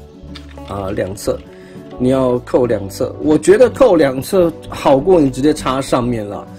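A plastic toy weapon accessory is clipped onto both sides of a transformed toy car, seating with a sharp click at 0.4 s while someone talks and music plays in the background.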